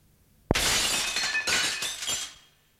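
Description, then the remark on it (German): A window pane smashed with bare fists shatters with a sharp impact, followed by a bright, crackling cascade of breaking shards and a few later bursts of falling pieces that fade out after about two seconds. “Im Gedanken hatte ich sie bereits zerbrochen. Dann mit bloßen Fäusten auf die Fensterscheibe los.”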